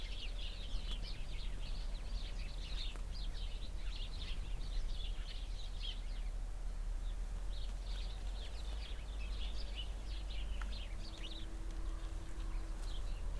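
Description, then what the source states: Sparrow chirping in a busy flock, brief lulls between bursts of chatter, low wind and a faint hum behind. Flock of sparrows in a bush near a cow pasture, Hupperdange, windy summer morning.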